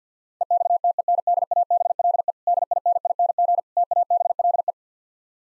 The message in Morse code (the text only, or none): EXTENDABLE DINING TABLE